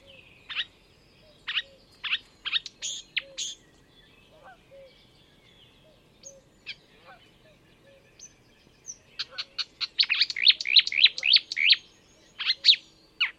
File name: enekes nadiposzata hangja